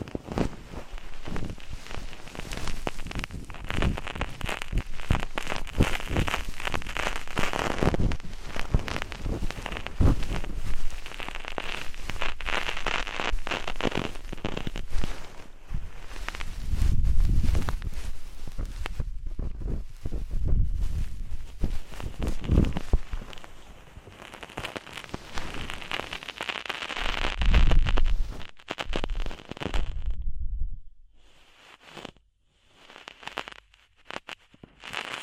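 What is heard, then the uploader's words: Ear cleaning sounds: dense, crackling scratches and rustles fill most of the clip, with irregular rapid clicks and occasional low thumps around 17 and 27 seconds. After about 30 seconds the sound thins out into sparse, quieter scrapes separated by near-silence. ASMR DEEP Ear Penetrating Cleaning (No Talking).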